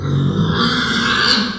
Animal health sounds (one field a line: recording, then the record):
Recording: squeal of a Yucatan mini pig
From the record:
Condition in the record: after surgery on the right vocal fold (resection and tissue-engineered implant)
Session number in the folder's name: 16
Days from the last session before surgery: 183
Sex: female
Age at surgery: 19 weeks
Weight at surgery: 25 kg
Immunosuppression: prednisolone